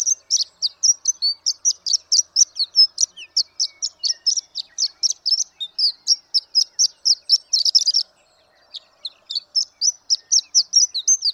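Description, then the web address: Horned Lark song, a rapid, tinkling stream of high, sputtering notes running almost without a break, with a brief pause near eight seconds before it resumes. "birdsongforthecurious Horned Lark"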